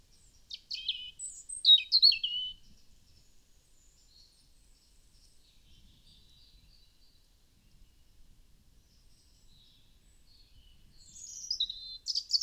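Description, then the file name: European robin song: a quick jumble of high, thin, sliding notes at the start, silence, then another warbled phrase near the end. "Erithacus rubecula"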